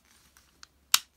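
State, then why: Seated. The plastic leg sections of a Transformers G1 reissue Hot Rod robot toy are slid back into place during transformation, with faint handling ticks around 0.4 and 0.6 seconds. A sharp, loud click at 0.9 seconds marks the leg sections locking into position, followed by a faint tick near 1.2 seconds.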